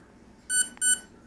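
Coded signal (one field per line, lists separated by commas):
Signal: beep code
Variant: BLHeli ESC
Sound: two short, slightly buzzy mid-pitched beeps separated by a brief click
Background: quiet room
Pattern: 2 short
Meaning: Two beeps mark the reverse motor rotation option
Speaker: one beep for normal rotation two beeps for reverse and I don't know what three beeps is so normal reverse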